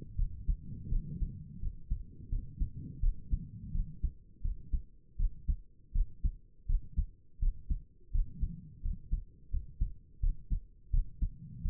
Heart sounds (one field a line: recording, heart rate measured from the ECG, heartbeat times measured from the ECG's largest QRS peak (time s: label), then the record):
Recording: heart sounds by stethoscope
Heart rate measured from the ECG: 84 bpm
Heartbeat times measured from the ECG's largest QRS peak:
0.17 s: heartbeat
0.90 s: heartbeat
1.61 s: heartbeat
2.30 s: heartbeat
3.01 s: heartbeat
3.73 s: heartbeat
4.43 s: heartbeat
5.18 s: heartbeat
5.94 s: heartbeat
6.67 s: heartbeat
7.40 s: heartbeat
8.12 s: heartbeat
8.83 s: heartbeat
9.51 s: heartbeat
10.21 s: heartbeat
10.92 s: heartbeat
11.63 s: heartbeat
From the record:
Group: healthy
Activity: cold pressor test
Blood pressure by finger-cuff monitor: 98/64 mmHg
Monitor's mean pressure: 71 mmHg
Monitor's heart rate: 84 bpm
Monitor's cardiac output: 6.2 L/min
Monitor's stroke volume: 75 mL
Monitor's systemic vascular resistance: 740 dyn s/cm5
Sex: female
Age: 22 years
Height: 163 cm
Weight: 67.1 kg